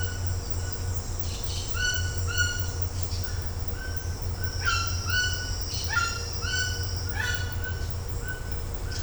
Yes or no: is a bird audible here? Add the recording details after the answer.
yes. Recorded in secondary vegetation near Puerto Asís, Putumayo, Colombia, on 20 December 2024 at 09:00. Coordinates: 0.502, -76.326. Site G028